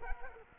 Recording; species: mosquito wingbeat signal from an infrared sensor; Culex quinquefasciatus